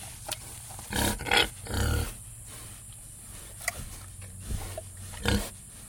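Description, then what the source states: Pig grunts in short rough bursts, a cluster near the start and more single grunts later, over a steady low hum. Grunting in a sty.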